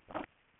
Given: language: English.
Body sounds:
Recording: throat vibration sensor signal played as sound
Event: swallow

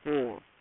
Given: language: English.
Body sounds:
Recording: throat vibration sensor signal played as sound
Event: speech

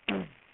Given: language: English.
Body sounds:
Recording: throat vibration sensor signal played as sound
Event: throat clearing

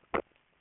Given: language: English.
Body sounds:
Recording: throat vibration sensor signal played as sound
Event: swallow

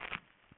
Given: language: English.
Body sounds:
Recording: throat vibration sensor signal played as sound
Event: swallow

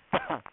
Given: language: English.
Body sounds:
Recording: throat vibration sensor signal played as sound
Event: cough

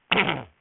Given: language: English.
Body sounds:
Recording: throat vibration sensor signal played as sound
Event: throat clearing

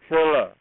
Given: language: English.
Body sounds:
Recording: throat vibration sensor signal played as sound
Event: speech

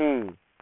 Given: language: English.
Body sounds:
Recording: throat vibration sensor signal played as sound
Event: speech

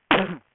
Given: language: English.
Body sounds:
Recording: throat vibration sensor signal played as sound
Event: cough

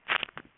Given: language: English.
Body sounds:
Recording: throat vibration sensor signal played as sound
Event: swallow

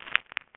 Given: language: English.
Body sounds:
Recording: throat vibration sensor signal played as sound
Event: swallow

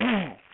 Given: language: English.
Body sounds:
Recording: throat vibration sensor signal played as sound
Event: throat clearing

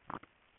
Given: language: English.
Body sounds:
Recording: throat vibration sensor signal played as sound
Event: swallow

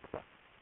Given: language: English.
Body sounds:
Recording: throat vibration sensor signal played as sound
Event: swallow

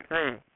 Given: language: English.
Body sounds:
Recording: throat vibration sensor signal played as sound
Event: speech

